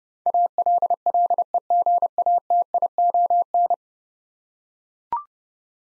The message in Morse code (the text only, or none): ALLEGATION